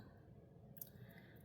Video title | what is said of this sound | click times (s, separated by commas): Bargain Bead Box March 2025 l Lotus Necklace | oh didn't yeah it didn't snap it's | none